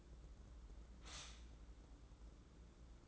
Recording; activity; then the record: daily activity, microphone in the room; stop toaster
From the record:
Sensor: 3